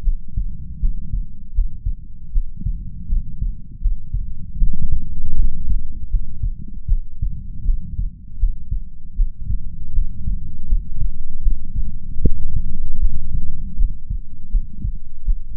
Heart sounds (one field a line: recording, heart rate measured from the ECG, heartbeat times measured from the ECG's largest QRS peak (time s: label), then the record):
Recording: heart sounds by stethoscope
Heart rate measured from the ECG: 79 bpm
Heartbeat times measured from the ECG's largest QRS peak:
0.02 s: heartbeat
0.79 s: heartbeat
1.53 s: heartbeat
2.31 s: heartbeat
3.07 s: heartbeat
3.80 s: heartbeat
4.57 s: heartbeat
5.34 s: heartbeat
6.09 s: heartbeat
6.87 s: heartbeat
7.64 s: heartbeat
8.38 s: heartbeat
9.15 s: heartbeat
9.92 s: heartbeat
10.67 s: heartbeat
11.41 s: heartbeat
12.20 s: heartbeat
12.99 s: heartbeat
13.75 s: heartbeat
14.49 s: heartbeat
15.24 s: heartbeat
From the record:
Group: healthy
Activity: cold pressor test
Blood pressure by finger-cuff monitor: 106/63 mmHg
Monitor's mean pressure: 80 mmHg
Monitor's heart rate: 79 bpm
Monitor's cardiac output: 6.8 L/min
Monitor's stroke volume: 86 mL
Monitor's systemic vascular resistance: 840 dyn s/cm5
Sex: female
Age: 26 years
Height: 165 cm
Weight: 55 kg